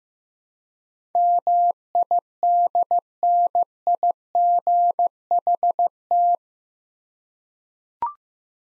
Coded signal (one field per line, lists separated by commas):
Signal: Morse code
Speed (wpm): 15 wpm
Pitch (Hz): 700 Hz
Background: none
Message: MIDNIGHT